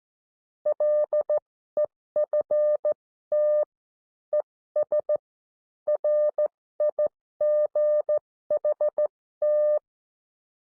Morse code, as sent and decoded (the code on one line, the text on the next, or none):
.-.. . ..-. - / . ... / .-. .. --. .... -
LEFT ES RIGHT